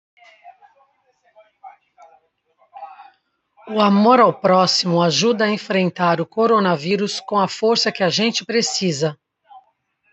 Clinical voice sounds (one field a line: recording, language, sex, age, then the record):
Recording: spoken sentence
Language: Brazilian Portuguese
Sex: female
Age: 50 to 59 years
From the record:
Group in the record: control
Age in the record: 57 years